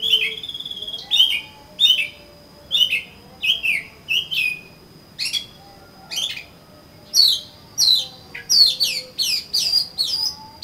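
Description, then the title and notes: Oriental magpie-robin song: varied whistled and falling notes in irregular phrases, with a faint steady high tone behind. "suara kacer. kumpulan suara burung kacer"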